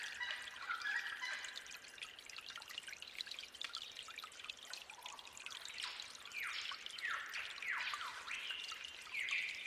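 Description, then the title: Bird song, faint chirping at first, then a series of steep downward whistles in the latter half, with trickling water throughout. Forest birds singing at dawn with babbling, trickling water. "Suara Gemercik Air Dan Kicau Burung Hutan Di Saat Fajar"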